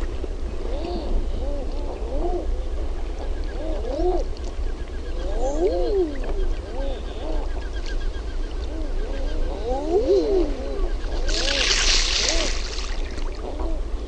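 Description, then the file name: Common eider calls: repeated swooping moans rising then dropping, several birds at once, steady low roar beneath and a rushing burst near the end. "HAAHKA"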